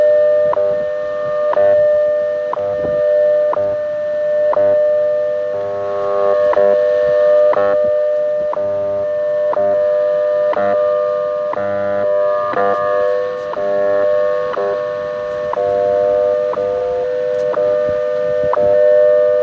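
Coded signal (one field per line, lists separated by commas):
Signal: radio time signal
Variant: WWV and WWVH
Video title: WWV and WWVH, ~10 MHz from San Francisco, California -- 2:24, 2 Jun 2020 (UTC)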